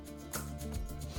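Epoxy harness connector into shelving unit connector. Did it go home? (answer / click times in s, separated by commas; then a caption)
no / none. An assembled epoxy harness connector is handled as it is brought to be plugged back into the shelving unit connector. Brief rustling and rubbing noises sit over a steady low hum. Nothing has seated or clicked yet.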